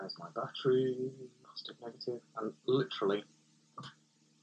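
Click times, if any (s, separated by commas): 3.8 s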